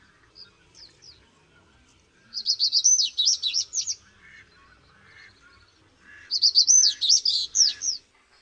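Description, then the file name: Common reed bunting song: two short, hurried phrases of sharp, jangling notes with a quiet pause between them, the first preceded by a few thin introductory chips. "POTRZOS"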